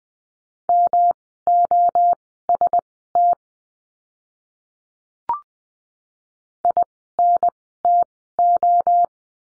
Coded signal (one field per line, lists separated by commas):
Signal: Morse code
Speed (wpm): 20 wpm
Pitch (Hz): 700 Hz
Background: none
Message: MOST INTO